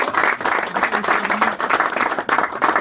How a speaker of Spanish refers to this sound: Y con esto termino. Agradecimiento de nuevo y un aplauso, ¿no? Pienso yo, para mí, sino para el doctor, ¿no?